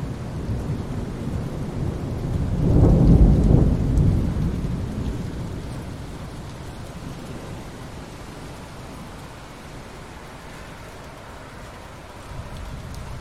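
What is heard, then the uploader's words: Steady rain hisses throughout while a deep roll of thunder swells in around two seconds, peaking near three to four seconds and rumbling away slowly over the next several. The low rumble dominates, fading to a quieter wash of rain, with a faint swell again near the end. Experience the Ultimate Relaxation with These Breathtaking Rain and Thunder Sounds.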